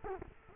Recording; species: mosquito wingbeat signal from an infrared sensor; Culex quinquefasciatus